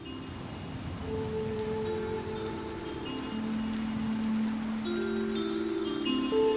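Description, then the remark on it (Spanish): Steady rain falls in a dense, even hiss that holds at a constant level throughout, with soft sustained low tones humming beneath it. “Y la lluvia parece el eco de mi desolación.”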